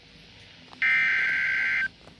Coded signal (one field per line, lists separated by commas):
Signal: Emergency Alert System (SAME) tones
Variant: header bursts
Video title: EAS/NWR Alert or message #516-517: Double header River Flood Warnings